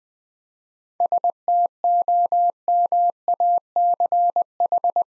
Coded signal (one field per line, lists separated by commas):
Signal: Morse code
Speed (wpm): 20 wpm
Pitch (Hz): 700 Hz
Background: none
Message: STOMACH